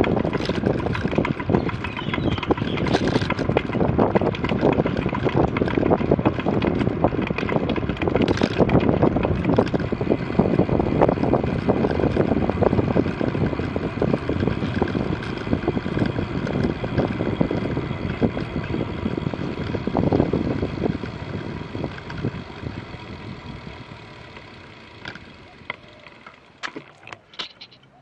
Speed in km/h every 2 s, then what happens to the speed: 26, 27, 27, 26, 28, 27, 27, 25, 23, 20, 15, 4, 0, 0.
0-15 steady at about 27. 15-24 slows to 0. 24-28 standing.